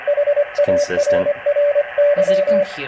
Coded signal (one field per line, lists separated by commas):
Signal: Morse code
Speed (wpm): 24 wpm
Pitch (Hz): 580 Hz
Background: speech, radio noise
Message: HARRY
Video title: Tymkrs Ham Shack